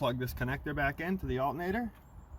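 Someone talks while the wiring harness connector is being handled to plug back into the alternator on a 1999–2006 Chevy Silverado or Tahoe. The clip ends before the connector goes home, so nothing has seated or clicked yet.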